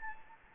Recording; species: mosquito wingbeat signal from an infrared sensor; Anopheles gambiae